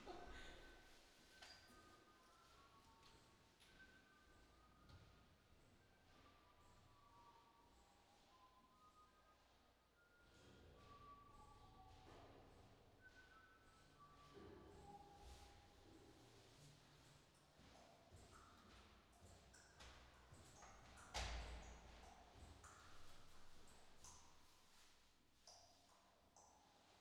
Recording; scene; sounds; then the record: everyday scene through a hearing-aid microphone; reverberant space; background noise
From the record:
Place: staircase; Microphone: in the ear canal, left